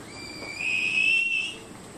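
Bird giving one clear whistled note, steady in pitch, swelling louder in the middle and fading at the end, with faint background hiss.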